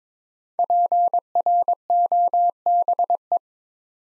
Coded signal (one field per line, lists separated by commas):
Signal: Morse code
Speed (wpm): 23 wpm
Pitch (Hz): 700 Hz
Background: none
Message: PROBE